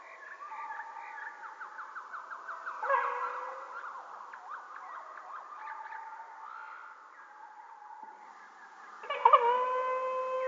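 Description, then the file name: Black woodpecker calls, a run of quick repeated harmonic notes that rise and fall, then a louder ringing call near the end over a soft background. Recorded in October. "pic-noir-2 OCT"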